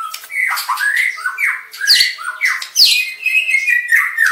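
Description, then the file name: White-rumped shama song, loud and unbroken, mixing warbled whistles, buzzy phrases and sharp squawks in quick, irregular succession. Aceh variety, full variation song. "Suara Burung Murai Batu Aceh Variasi Lengkap"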